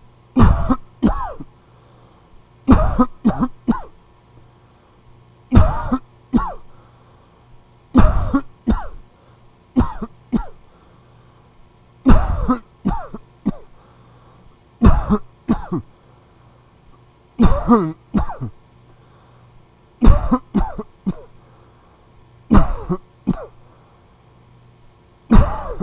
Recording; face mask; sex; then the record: voluntary coughing; none; male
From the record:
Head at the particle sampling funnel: facing it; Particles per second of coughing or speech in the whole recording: 19.7